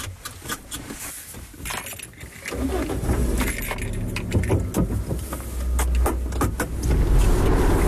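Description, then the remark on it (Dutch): Keys jingle and clink in quick bursts inside a car on the way to Eindhoven, then the engine starts at about two and a half seconds and settles into a steady low hum under the continued rattling. “Ik zit hier in mijn autootje. Ik ben onderweg naar Eindhoven.”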